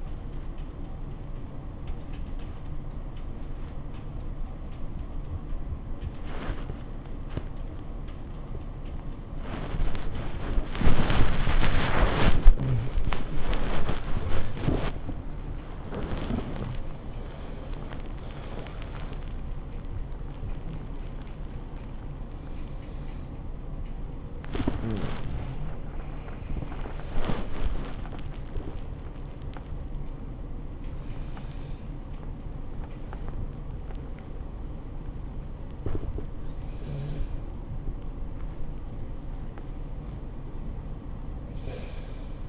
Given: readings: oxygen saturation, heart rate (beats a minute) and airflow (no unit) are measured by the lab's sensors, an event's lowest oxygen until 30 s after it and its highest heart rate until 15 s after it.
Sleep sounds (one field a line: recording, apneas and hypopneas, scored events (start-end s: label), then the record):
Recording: a person awake in a sleep study, by a smartphone at the bedside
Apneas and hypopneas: none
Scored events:
0.00-42.49 s: awake
From the record:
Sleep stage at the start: awake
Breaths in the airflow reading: 17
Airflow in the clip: -0.6 to 0.6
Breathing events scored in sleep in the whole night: 403 in 5.5 hours asleep